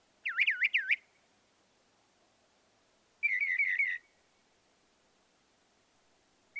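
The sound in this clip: Northern mockingbird song: a quick looping series of swooping whistled notes, then a harsher rapid phrase after a pause, over faint background hiss.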